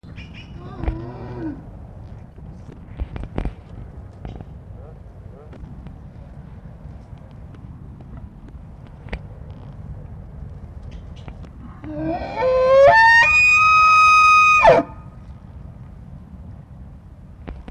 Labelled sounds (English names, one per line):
Wapiti rut call